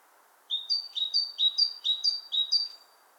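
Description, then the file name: Great tit song, a clear see-saw phrase repeated several times in quick, even succession after a brief silence. "Parus major"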